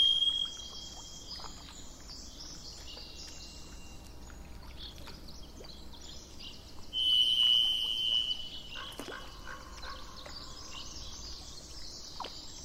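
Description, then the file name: Thrush song: a long, steady, high whistled note held just over a second, over a constant low rumble. Recorded on 27 April 2004 with truck noise in the background. "040427-thrushandtrucks"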